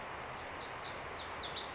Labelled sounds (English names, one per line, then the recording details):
Lazuli Bunting
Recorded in Sonoma County, California